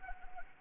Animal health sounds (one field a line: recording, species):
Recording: mosquito wingbeat signal from an infrared sensor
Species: Anopheles arabiensis